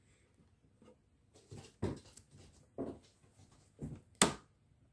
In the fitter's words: there you go get a little click and that's it in now